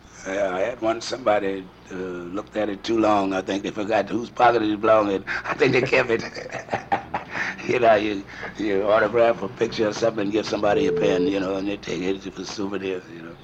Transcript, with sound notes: I had one, somebody looked at it too long, I think they forgot whose pocket it belong in. I think they kept it! [LAUGHING] You know, you autograph or a picture or something and give somebody a pen, you know, and they’d take it as a souvenir, you know.